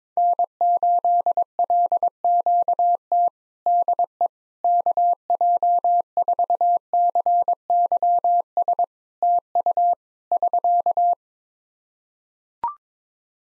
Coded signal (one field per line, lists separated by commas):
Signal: Morse code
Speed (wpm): 22 wpm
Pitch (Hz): 700 Hz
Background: none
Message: N8LQT DE KJ4CYS TU <SK>